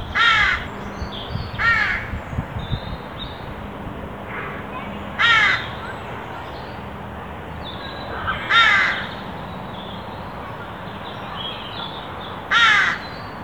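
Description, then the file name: Carrion crow giving several single rasping caws at uneven intervals, with faint background noise. "Corvus corone"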